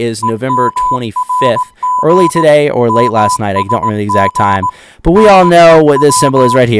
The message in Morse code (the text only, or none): EMRG MSG NEW